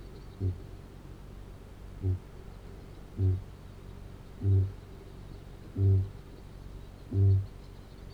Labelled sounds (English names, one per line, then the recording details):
Kākāpō boom
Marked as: faintness 5/5, faintness 2/5
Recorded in New Zealand
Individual Arab